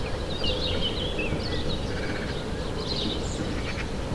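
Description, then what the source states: Birds chirping with high whistled notes and short slurred phrases over a steady low rumble of background noise. Recorded in the morning.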